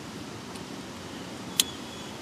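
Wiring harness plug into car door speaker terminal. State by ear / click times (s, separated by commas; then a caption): seated / 1.6 s. A wiring harness plug is pushed into the door speaker terminal of a 2012 Nissan. It snaps into place with one sharp, bright click at 1.6 s over a steady low background hiss. The connector is seated.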